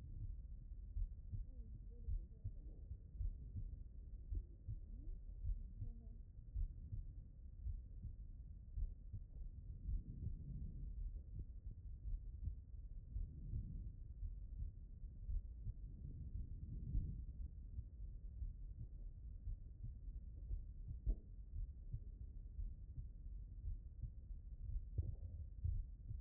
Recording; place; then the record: heart sounds by stethoscope; pulmonary valve (PV)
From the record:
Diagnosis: non-HFrEF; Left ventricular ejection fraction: 60%